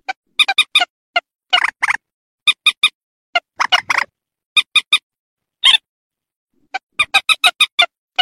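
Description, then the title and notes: Rail calling with sharp, bright notes in irregular clusters, plus some buzzier grating bursts. "Kicau Burung Mandar"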